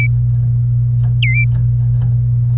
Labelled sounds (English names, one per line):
Domestic Canary song